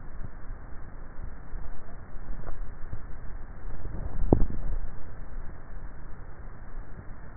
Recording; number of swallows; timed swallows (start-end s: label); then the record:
swallowing sounds by neck microphone; 1
4.08-4.92 s: swallow
From the record:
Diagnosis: dysphagia